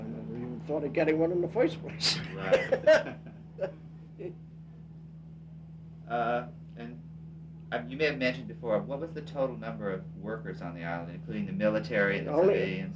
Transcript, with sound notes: I never even thought of getting one in the first place. (Laughter)
You may have mentioned before. What was the total number of workers on the Island, including the military, the civilians?